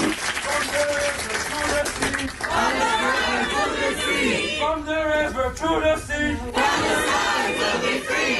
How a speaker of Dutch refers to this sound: In november roepen studenten op de Universiteit Leiden pro-Palestijnse leuzen.